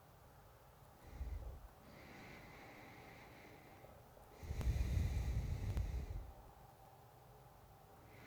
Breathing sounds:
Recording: nose breathing near a microphone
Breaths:
0.73-1.59 s: exhalation
1.59-4.12 s: inhalation
4.12-6.60 s: exhalation
7.86-8.27 s: inhalation
From the record:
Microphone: phone

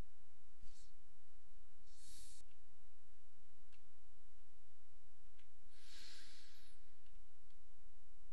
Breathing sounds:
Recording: nose breathing near a microphone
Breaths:
1.94-2.34 s: exhalation
5.29-7.19 s: inhalation
From the record:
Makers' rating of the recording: medium

